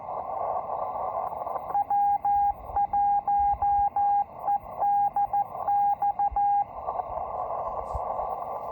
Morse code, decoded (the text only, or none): W1EDX